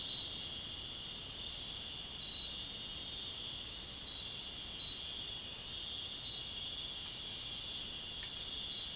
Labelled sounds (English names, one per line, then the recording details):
none
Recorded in dense forest near Puerto Asís, Putumayo, Colombia, on 22 June 2025 at 00:30
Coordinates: 0.499, -76.324
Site G100